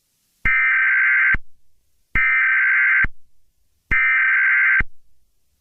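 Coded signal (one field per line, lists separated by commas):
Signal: Emergency Alert System (SAME) tones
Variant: header bursts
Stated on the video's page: Fictional EAS scenario about a Slenderman rampage in London.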